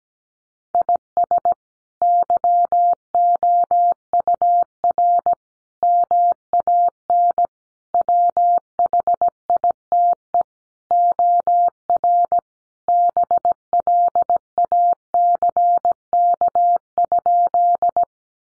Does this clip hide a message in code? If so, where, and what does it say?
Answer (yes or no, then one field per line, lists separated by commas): yes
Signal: Morse code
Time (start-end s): 0.7-18.0 s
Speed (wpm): 17 wpm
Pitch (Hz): 700 Hz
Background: none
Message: IS YOUR MAN WHITE OR BLACK?